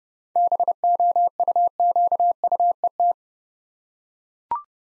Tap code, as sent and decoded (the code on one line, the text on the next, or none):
none